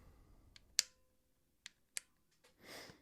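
A tripod leg's angle lock on a tripod hub is moved through its preset angle stops, auto-locking into each detent with a sharp click at 0.8, 1.7 and 2.0 seconds. A fainter tick comes at 0.6 seconds and a brief broadband rush near the end. The leg seats and locks at each step.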